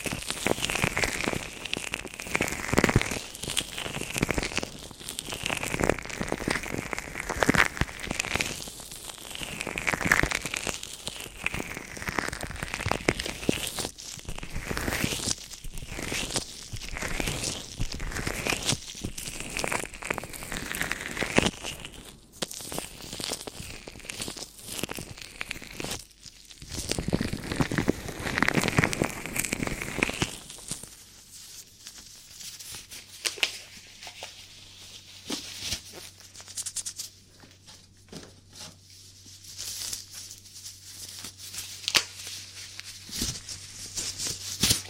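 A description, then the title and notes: Ear cleaning sounds: dense, crackly rustling and scratchy strokes repeat every second or two for about half a minute. Around 31 seconds it turns much quieter, leaving sparse soft ticks and scrapes over a steady low hum. ASMR Ear Cleaning For The Strongest Tingles [ NO TALKING ].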